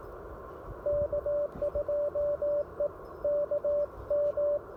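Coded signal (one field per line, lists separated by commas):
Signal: Morse code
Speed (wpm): 17 wpm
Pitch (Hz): 580 Hz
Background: radio noise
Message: K2EKM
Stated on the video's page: Portable CW at a POTA activation with an Icom IC-705 and an Elecraft AX1 antenna.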